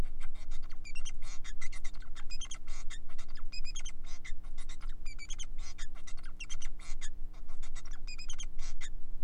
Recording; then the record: song of a male Bengalese finch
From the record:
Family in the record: son of father 4